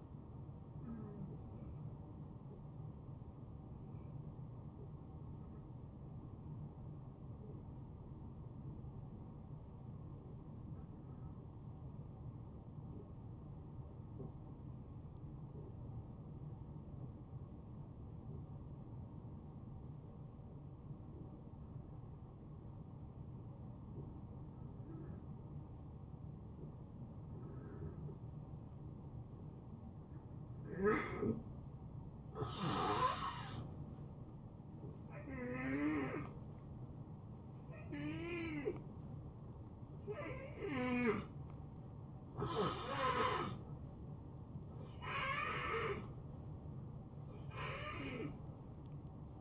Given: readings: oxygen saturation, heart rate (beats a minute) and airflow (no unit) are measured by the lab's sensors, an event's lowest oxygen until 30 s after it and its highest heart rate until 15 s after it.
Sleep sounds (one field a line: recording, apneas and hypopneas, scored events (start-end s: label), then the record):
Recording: breathing in sleep by a smartphone at the bedside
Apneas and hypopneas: 1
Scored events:
4.00-35.10 s: hypopnea (N1, oxygen 93% highest, then 81% lowest, heart rate 80 at the start, 80 highest)
22.00-49.41 s: new sleep stage, N2 (light sleep)
From the record:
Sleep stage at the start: N1 (lightest sleep)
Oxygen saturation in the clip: 78 to 93%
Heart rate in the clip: 72 to 84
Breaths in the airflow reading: 13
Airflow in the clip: -3.9 to 5.7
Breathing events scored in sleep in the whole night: 263 in 5.5 hours asleep